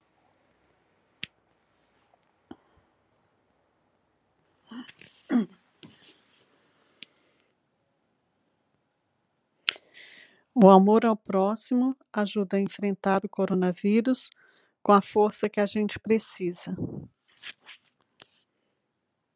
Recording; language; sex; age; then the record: spoken sentence; Brazilian Portuguese; female; 50 to 59 years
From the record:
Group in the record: control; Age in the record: 58 years